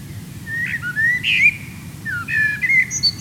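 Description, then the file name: Common blackbird song: fluty whistles rising and falling, a louder burst midway, then a second phrase ending in high thin twittering notes. "Turdus merula"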